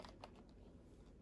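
The plastic handheld spot-cleaning spray gun of a Hoover Pet Stain Removal carpet cleaning machine is handled as it is brought back toward its holder on the machine. Two short, sharp plastic taps sound at about 0.1 s and 0.2 s over a low, steady background noise. The gun has not snapped or seated into its holder yet.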